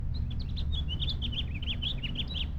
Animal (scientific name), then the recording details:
Haemorhous mexicanus. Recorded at Lynbrook on Long Island, New York, on 17 June 1975. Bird D